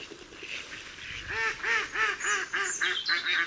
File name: mallard